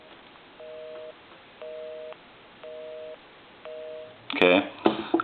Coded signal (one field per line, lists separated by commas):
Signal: telephone call progress tone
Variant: North America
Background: speech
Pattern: busy tone